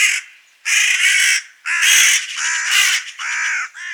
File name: Pica pica